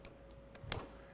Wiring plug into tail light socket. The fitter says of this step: Just give them a little push down in there until they lock into place.